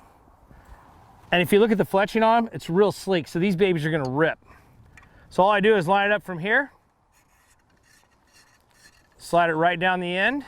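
An arrow is lined up and started onto the air tube of an airbow while someone talks. Only faint rubbing and small taps are heard in the quiet gaps. Nothing has clicked into place yet.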